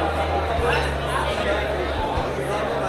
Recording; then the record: background sound without coughing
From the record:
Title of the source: CITY SOUNDS Busy Bar in the Evening Night - 2 HOURS of Ambiance for Relaxation